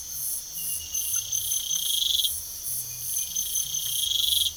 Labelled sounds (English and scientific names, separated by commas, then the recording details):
none
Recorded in pastures near Puerto Asís, Putumayo, Colombia, on 9 March 2025 at 04:30
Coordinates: 0.497, -76.327
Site G072